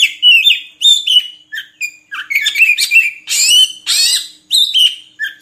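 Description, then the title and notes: Oriental magpie-robin song of varied whistled phrases and scratchy notes, delivered in steady short bursts with little pause. Song used for training caged birds to sing actively day and night. "Kacer Jadi Gacor Siang Malam. Isian Kacer Durasi Panjang"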